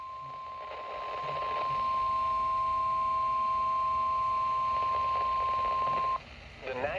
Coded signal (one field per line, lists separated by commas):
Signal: Emergency Alert System (SAME) tones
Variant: 1050 Hz attention tone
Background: speech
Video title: EAS #383: SMW